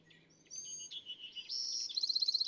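California thrasher giving a run of varied high notes: a thin whistle, slurred chirps, then a rapid repeated buzzy trill at the end, over faint low background hiss.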